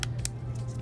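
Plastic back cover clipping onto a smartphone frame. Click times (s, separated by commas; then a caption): 0.0 s, 0.2 s. The plastic back cover of a Galaxy A10e smartphone is pressed down at the corners so its clips snap into the frame, giving two sharp clicks at 0.0 and 0.3 seconds over a steady low hum. The cover is seated and secured.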